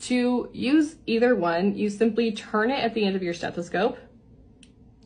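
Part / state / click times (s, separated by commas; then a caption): stethoscope chestpiece rotating on its stem / seated / 4.6 s. Someone talks for about the first four seconds, then a stethoscope chestpiece is rotated on its stem to switch between bell and diaphragm. It seats with a short, sharp click at 4.6 s, followed by a fainter tick near the end.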